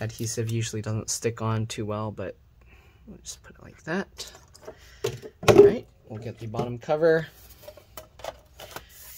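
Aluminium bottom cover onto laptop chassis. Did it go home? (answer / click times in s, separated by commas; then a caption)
no / none. A 15-inch MacBook Pro A1398 (Mid 2015) gets its aluminium bottom cover back after a battery replacement, once a metal plate has been put back over it. Someone talks over the handling, and a few short, sharp taps and knocks come near the end as the cover is brought to the chassis. The cover has not clicked or seated into place yet.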